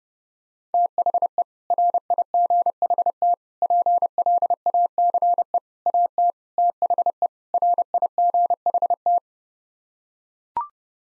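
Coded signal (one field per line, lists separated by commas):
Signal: Morse code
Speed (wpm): 32 wpm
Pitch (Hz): 700 Hz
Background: none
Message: THE RIGHT PLACE AT THE RIGHT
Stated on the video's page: Morse code head-copy drill sending sets of six common English words at 30 wpm, each set sent twice.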